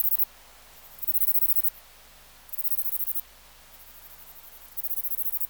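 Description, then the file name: Catalan bush-cricket song, very high buzzing bursts of rapid pulses, each under a second long, separated by irregular pauses. "Steropleurus catalaunicus"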